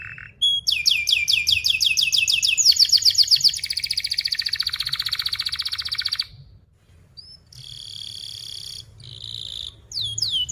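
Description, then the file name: Canary song of quick down-slurred notes running into dense rolling trills, then a short gap and softer buzzy phrases and renewed sweeps. Canary in full, vigorous song with fast, tightly spaced 'cuit-cuit' chirps and sharp rolling phrases. "Suara Kenari Gacor Speed Rapat Cuit Cuit Ngerol Tajam"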